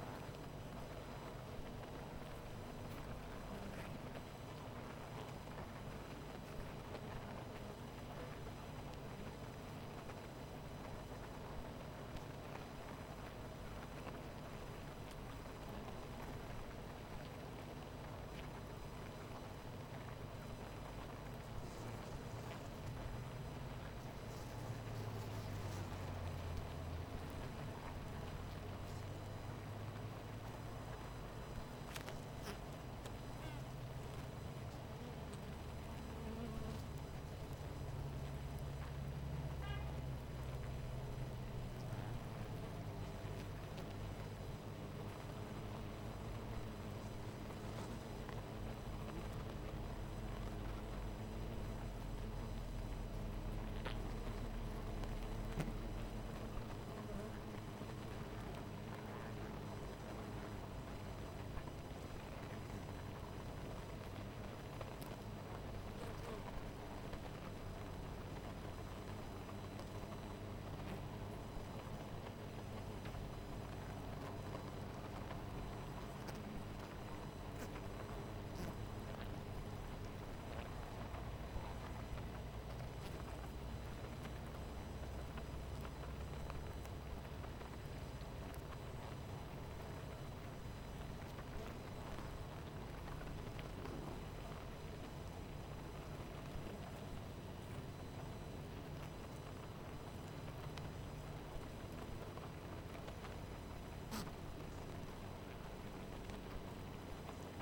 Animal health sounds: honeybee colony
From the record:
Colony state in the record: missing queen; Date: 14 July 2017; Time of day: 18:07

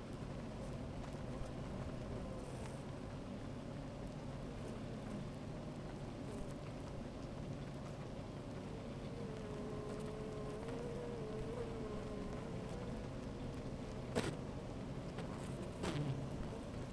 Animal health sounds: honeybee colony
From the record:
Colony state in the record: active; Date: 28 July 2017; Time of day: 13:05

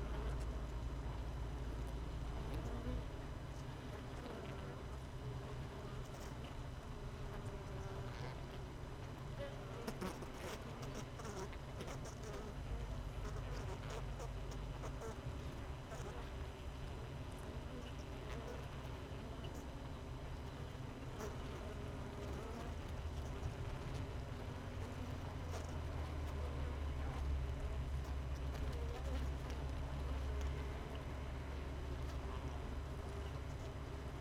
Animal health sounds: honeybee colony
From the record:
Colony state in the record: missing queen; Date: 31 May 2018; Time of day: 16:39

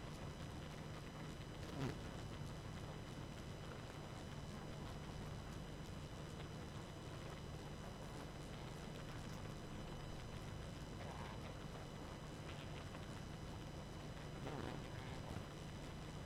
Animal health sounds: honeybee colony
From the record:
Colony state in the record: active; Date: 12 June 2018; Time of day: 22:33

